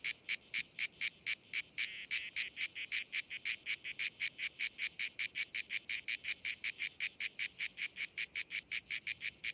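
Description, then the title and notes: Grey cicada song, a long train of harsh, scratchy pulses in a steady rhythm. Known as Cacan in Provence; described as the most abundant and best-known cicada, easily recognised by its particular rhythm. "Nouvelle cigale dans &quot;ECOUTEZ NATURE&quot"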